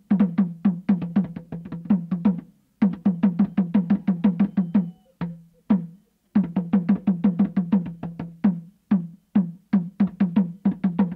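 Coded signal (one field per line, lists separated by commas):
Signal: talking drum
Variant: Saramaka apinti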